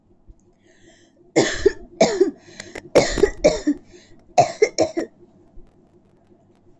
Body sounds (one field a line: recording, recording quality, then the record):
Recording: heavy voluntary cough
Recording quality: excellent, no background noise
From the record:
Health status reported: healthy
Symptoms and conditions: none ticked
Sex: female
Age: 33 years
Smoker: not ticked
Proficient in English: yes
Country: India